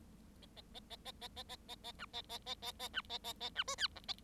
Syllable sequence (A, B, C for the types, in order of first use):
A A A A A A A A A A B A A A A A B A A A B C D E A